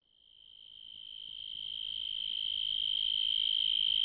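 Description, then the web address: Crickets chirping in a steady high-pitched pulsed trill that fades in and grows louder over a few seconds, with faint low rumble beneath. "Sound Effects Special FX 2. Crickets"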